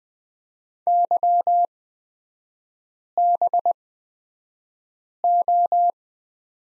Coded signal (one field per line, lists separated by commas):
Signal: Morse code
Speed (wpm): 20 wpm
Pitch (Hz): 700 Hz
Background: none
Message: YBO